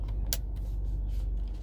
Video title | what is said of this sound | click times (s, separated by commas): 2006-2012 Mercedes Benz GL x164 DVD screen replacement | you hear the click you're good | 0.3 s